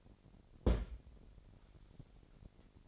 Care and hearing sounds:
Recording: daily activity, microphone in the room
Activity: place on stove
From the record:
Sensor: 5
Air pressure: 1012.1 hPa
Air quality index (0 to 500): 236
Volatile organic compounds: 4 ppm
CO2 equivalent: 1565 ppm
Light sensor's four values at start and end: 48/108/46/50 and 49/111/48/51

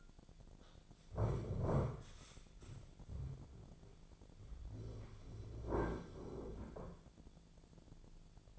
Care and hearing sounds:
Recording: daily activity, microphone in the room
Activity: stand up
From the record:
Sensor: 5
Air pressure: 1008.3 hPa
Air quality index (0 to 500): 152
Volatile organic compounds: 3 ppm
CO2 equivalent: 1466 ppm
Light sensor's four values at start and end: 61/170/66/67 and 61/170/66/67

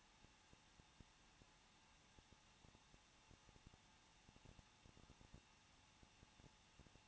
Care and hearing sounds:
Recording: daily activity, microphone in the room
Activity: no activity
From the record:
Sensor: 1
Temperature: 20.1 degrees Celsius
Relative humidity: 39.1%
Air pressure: 1006.4 hPa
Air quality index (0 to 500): 216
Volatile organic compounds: 74 ppm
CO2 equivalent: 3552 ppm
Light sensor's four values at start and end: 1/2/1/1 and 1/2/1/1

